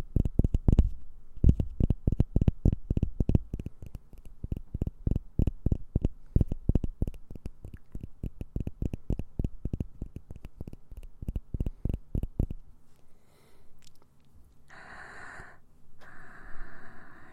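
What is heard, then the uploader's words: ASMR mouth sounds: quick, wet clicks and pops come in a fast, fairly regular stream for the first twelve seconds, low and full. Things then go quiet, followed by a soft, airy hiss around fourteen to sixteen seconds, with faint breathing. ASMR Mouth Sounds Ear Cleaning.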